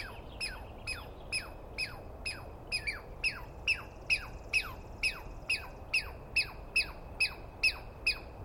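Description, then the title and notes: Douglas squirrel calls, a harsh downward-sweeping squeal repeated steadily about twice a second, around nineteen calls over a soft hiss. Recorded at dawn on 21 April 2017 in the East Cascades; a single squirrel screaming at length at the recordist, identified by its sound rather than a clear view. "On the morning of 21 April, 2017, I set up my microphones and recorder for a nice dawn recording in the East Cascades. I was started awake by a screaming Douglas Pine Squirrel"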